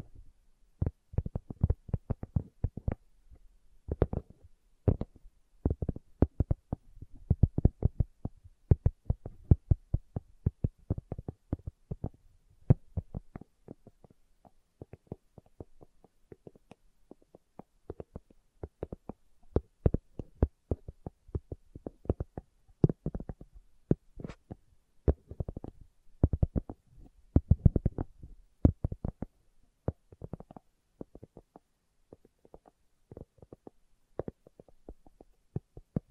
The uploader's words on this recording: ASMR Slow Tapping for Deep Sleep (No Talking).